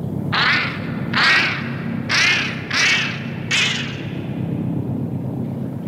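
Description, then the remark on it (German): Geese cackle in five harsh, nasal honks spaced about a second apart, each call loud and rasping, over a steady low rumbling background with no talking. “Zeig ihm, dass auch Gänse wissen, dass er der Herr der Schöpfung ist, dem Wind und Wellen gehorchen.”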